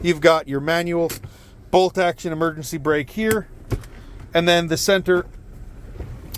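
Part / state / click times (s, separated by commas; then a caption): center console armrest lid latch in a car interior / released / 6.4 s. Someone talks about a 2018 Subaru Forester Limited, mentioning the manual emergency brake, and then pulls the latch on the center console armrest lid. At 6.4 s the latch releases and the lid pops open with a short, sharp click.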